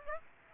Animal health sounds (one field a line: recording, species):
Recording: mosquito wingbeat signal from an infrared sensor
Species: Aedes aegypti